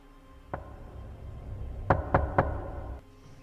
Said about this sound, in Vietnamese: Ông rùng mình khi nghe tiếng gõ cửa.